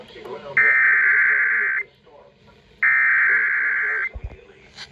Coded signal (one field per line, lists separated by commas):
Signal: Emergency Alert System (SAME) tones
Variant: header bursts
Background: speech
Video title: EAS #177 Severe Thunderstorm Warning For MY COUNTY On KSCS-FM